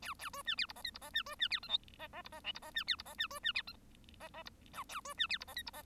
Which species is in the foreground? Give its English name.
Bengalese Finch